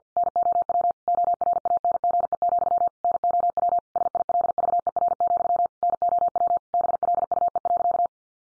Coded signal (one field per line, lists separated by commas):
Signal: Morse code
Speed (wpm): 50 wpm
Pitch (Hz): 700 Hz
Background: none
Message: NOW ORANGE, NOW SILVER, NOW BLUE.